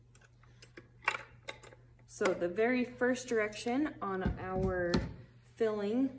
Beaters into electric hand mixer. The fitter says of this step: and they should click in